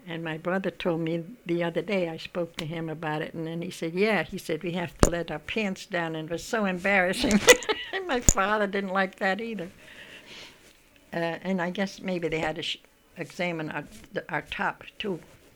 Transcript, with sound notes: And my brother told me, the other day I spoke to him about it, and then he said, "Yes." He said, "We have to let our pants down. It was so embarrassing." ( she laughs ) My father didn't like that either. And I guess maybe they had to examine us -- our top, too.